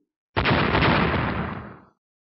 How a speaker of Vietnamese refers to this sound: Đó chính là một quả cầu lửa to bằng cái đầu người bắn ra từ dưới lôi đài, nhanh chóng rơi xuống mặt lôi đài chỗ hai người đang dây dưa, đột ngột nổ tung.